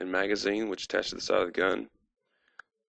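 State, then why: Seated. Someone talks for about two seconds, then a cast magazine holder with its magazine is slid onto the side of a cast prop SMG and held there by embedded magnets. A faint tick at 2.5 s is followed by a sharp click at 2.6 s as it seats and locks into place.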